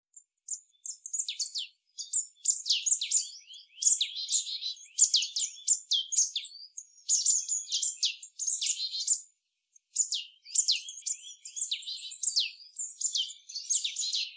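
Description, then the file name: Marsh tit calls: rapid, dense bursts of sharp high chattering notes, some buzzy, in runs of a few seconds broken by short pauses. "Poecile palustris"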